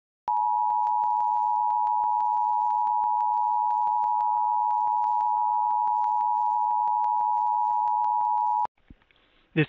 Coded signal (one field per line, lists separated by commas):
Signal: Emergency Alert System (SAME) tones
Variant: 853 and 960 Hz attention tone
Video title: EAS During Work It Out Wombats (3-29-23 WMPB-DT1) (REAL FOOTAGE) HQ AUDIO